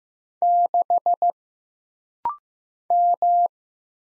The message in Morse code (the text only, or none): 6 M